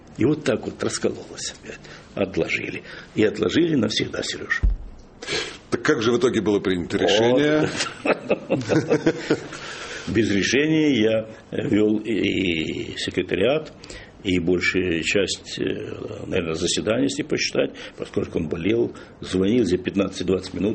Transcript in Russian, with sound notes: И вот так вот раскололось, отложили. И отложили навсегда, Сереж.
Так, как же в итоге было принято решение? (все смеются)
Без решения я вел и секретариат, и большую часть, наверное, заседаний, если посчитать, поскольку он болел, звонил за 15-20 минут: